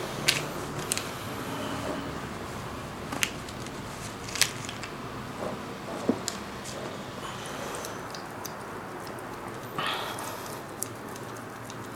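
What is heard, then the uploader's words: A steady, dense wash of traffic rumbles underneath, mostly low and unchanging. Over it, a person's movement produces slick, sharp clicks and brief rustles at irregular moments, near the start, around three to four seconds, six, and close to ten seconds. Aural Voyeurism: Traffic Island. Ryan has entered an oasis away from all the traffic that is revving by outside. In his auditory space, the traffic is drowned out by the slick texture of his movement.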